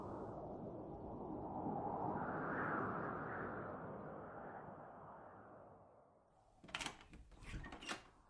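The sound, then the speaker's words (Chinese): A low, steady rumble swells and slowly fades, then near the end a few short clicks and soft clunks come as a door is eased open, with no one speaking. “周迷开门时特意放轻了动作，怕吵着屋里的人，和程一念打过招呼之后回到了卧室。”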